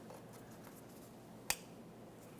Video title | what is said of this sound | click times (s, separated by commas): How to Replace Upper Transmission Mount 2003-2007 Honda Accord | that should slide in listen for a click make sure it is secured | 1.5 s